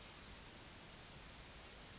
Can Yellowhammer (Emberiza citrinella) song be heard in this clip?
no